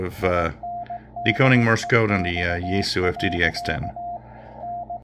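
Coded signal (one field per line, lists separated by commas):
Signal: Morse code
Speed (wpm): 18 wpm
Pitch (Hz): 700 Hz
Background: speech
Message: INDEX. N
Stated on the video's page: Morse received on a Yaesu FTdx10 transceiver.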